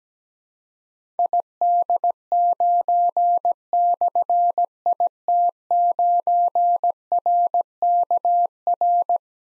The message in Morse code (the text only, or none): ID9/IT9RKR